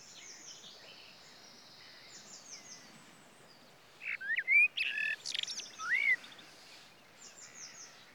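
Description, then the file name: Common blackbird giving a short mellow warble with high twittering notes. Faint high chirps come before and after, over a soft background hiss. "Turdus merula"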